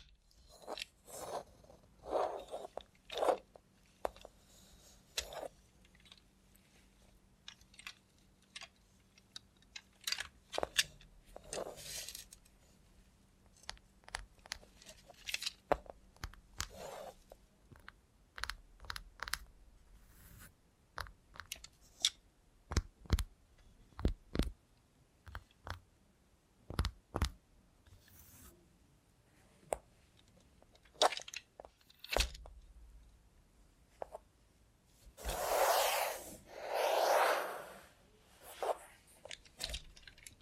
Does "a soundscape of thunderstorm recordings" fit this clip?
no